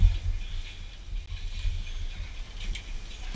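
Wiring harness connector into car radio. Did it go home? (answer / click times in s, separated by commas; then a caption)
no / none. A plastic wiring harness plug is handled at the back of a replacement car radio, heard as faint rustling over a steady low rumble, with one brief sharp tick at about 2.8 seconds. Nothing has seated or clicked yet; the plug has not gone home.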